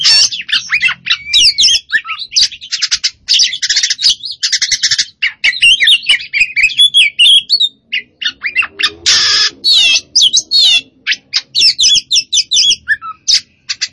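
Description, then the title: Oriental magpie-robin delivering a long, energetic song of varied whistles, chirps, trills and harsh buzzy notes, nearly continuous with short breaks. Song described as gacor, meaning singing actively and continuously. "Kacer Poci Gacor"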